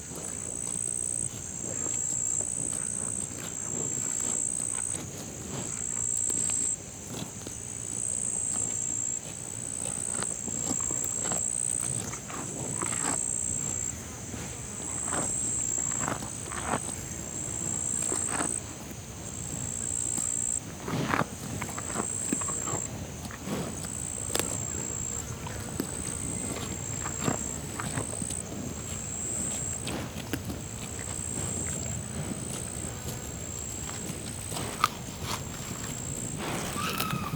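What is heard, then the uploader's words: Insects keep up a steady high buzzing chorus in the floodplain, while soft scattered clicks, low rumbles and faint voice-like sounds come and go beneath. Aural encounters in the floodplains by pablo sanz, 2023. Sound piece composed with recordings made during SONIC FUTURE RESIDENCIES organized by Asociația Jumătatea plină and SEMI SILENT at Port Cetate, Dolj county, Romania, in September 2022. An imaginary day, from dawn to sunset. It meanders through aural spaces based on encounters with human and other-than-human lifeforms and their movements, shaped by the presence of the river.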